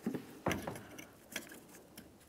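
A headlight wiring connector with a red plastic locking tab is being handled at the headlight assembly, with a few short plastic knocks and rattles at about 0.5 s, 0.7 s and 1.4 s. Nothing has seated or clicked yet; the clip ends before the connector goes home and is locked.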